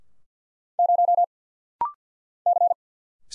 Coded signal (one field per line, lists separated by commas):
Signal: Morse code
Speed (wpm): 48 wpm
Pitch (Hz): 700 Hz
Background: none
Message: 0 C